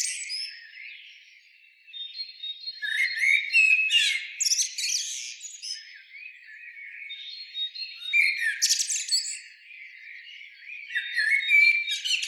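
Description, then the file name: Common blackbird singing: thin whistles and warbled notes with several bursts of high scratchy twittering. "Turdus merula"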